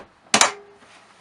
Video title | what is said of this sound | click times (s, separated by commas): Lite Lady Inside Setup | just clicks back into place for traveling | 0.3 s